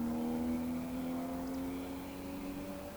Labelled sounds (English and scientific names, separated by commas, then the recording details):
Eurasian Woodcock (Scolopax rusticola) whistle
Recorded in Baden-Württemberg, Germany, on 13 June 2020 at 19:47 UTC
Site 14569, 102 m above sea level